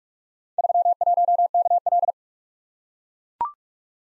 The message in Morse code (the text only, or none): 31KL